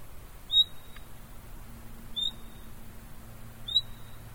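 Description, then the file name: Common nightingale calling with sharp upslurred whistles, each trailing into a brief steady note, three times in about four seconds, with faint low droning behind. "Luscinia megarhynchos"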